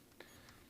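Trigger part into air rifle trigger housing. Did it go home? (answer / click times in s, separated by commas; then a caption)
yes / 0.2 s. A trigger part is slid into the trigger housing of a Hatsan 125/135 air rifle, with a quiet background before a single short, sharp snap at 0.2 s. The snap marks the part seating into the housing.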